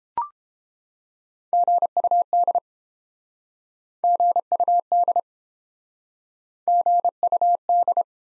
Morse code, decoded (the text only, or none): GUD GUD GUD